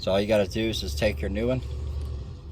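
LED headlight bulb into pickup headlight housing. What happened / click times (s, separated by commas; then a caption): The part is being handled and has not clicked into place yet / none. Someone talks over a steady low rumble while handling a new LED headlight bulb about to go into the headlight housing of a Dodge Ram Bighorn pickup truck. The clip ends before the bulb goes in; nothing has seated or clicked yet.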